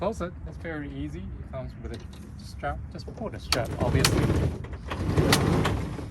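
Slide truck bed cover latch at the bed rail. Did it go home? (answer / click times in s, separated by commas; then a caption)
yes / 5.7 s. An aluminum slide truck bed cover on a Nissan Titan is pulled closed by its strap while someone talks, and a sliding, rumbling noise builds across the clip. The latch at the bed rail catches with a sharp click at 5.7 s, latching the cover shut in the closed position.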